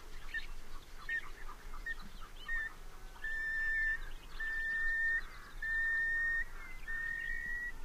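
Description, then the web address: Long-billed curlew whistled calls: a run of clear, level notes, short at first, then several longer steady ones, over a soft hiss. North America. "Know Your Bird Sounds Common Western Species 56-Long-billed Curlew"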